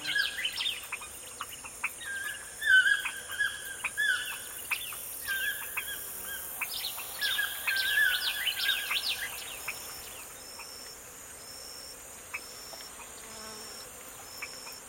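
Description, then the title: Birds singing, a busy mix of chirps and whistled phrases that thins out halfway, leaving a faint repeated high tone and quiet hiss. Morning birdsong in a forest. "Звуки птиц в лесу. Morning birdsong in the forest"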